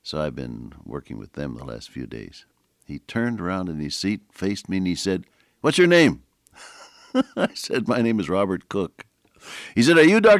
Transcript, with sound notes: So I’ve been working with them the last few days.” He turned around and he seat faced me and he said, “What’s your name?” [chuckle] I said, “My name is Robert Cook.” He said, “Are you Dr.